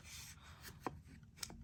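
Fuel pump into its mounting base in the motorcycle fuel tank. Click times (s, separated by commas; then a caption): 0.9 s, 1.4 s. A fuel pump for a 2007 Ducati 1098 motorcycle, keyed to the circular piece in its base, is slid into its mounting base in the fuel tank with a soft sliding rub. Sharp clicks at 0.9 s and 1.4 s mark it clicking into place, and the pump is seated.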